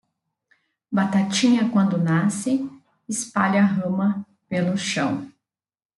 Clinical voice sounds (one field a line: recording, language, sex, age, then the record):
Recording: short text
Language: Brazilian Portuguese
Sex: female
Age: 40 to 49 years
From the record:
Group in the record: control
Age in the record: 40 years